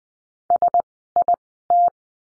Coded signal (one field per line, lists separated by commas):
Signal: Morse code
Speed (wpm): 20 wpm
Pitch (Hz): 700 Hz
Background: none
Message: SIT